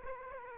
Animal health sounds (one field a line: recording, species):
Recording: mosquito wingbeat signal from an infrared sensor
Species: Aedes aegypti